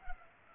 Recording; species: mosquito wingbeat signal from an infrared sensor; Culex pipiens